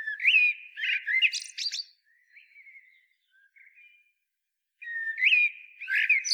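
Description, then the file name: Common blackbird song: a mellow fluted warble followed by a squeaky high twitter, then a few soft, quiet notes before the next phrase begins. "Turdus merula"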